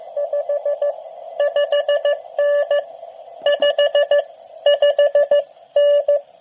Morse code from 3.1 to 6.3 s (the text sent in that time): 5 5N